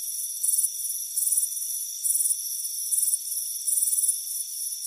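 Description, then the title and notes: Crickets chirping: bright, high pulsed bursts over a steady, shrill background trill. Crickets chirping on a warm afternoon on a front porch. "Soothing Crickets Chirping Sound. It's a warm afternoon as you relax in a hammock on the front porch. Relax and fall asleep to the soothing sound of chirping crickets. Deep Sleep Sounds"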